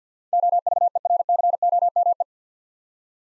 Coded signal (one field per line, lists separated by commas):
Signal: Morse code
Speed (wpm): 46 wpm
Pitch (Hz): 700 Hz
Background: none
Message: OVERCOME